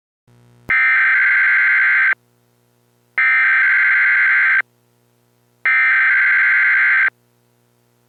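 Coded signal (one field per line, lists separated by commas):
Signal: Emergency Alert System (SAME) tones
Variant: header bursts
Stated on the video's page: Fictional EAS mock.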